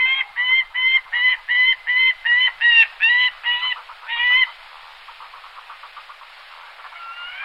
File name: falco rusticolus